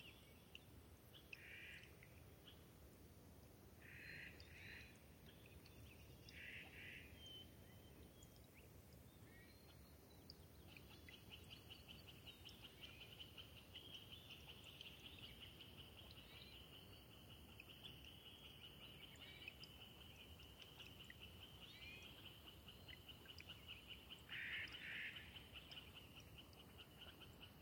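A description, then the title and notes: A steady, dense wash of soft trickling water fills a wet meadow at dawn, even and unbroken throughout. Birds call over it: short bright bursts in the first seconds, then a long thin sustained whistle through the middle, and another burst near the end. Thirtymile Meadows is a wet, subalpine meadow high in the Okanogan National Forest. A natural shallow bowl, it collects meltwater from each winter and slowly drains away through innumerable soft tinkling streams. When I visited in the Summer of 2019 I was never certain where the next morning's dawn chorus would arrive from.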